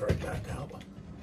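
A Barrina LED shop light, an LED tube light fixture, is handled as it is re-seated into its ceiling mounting bracket clip while someone talks. Nothing has seated or clicked yet; the clip ends before the fixture goes home.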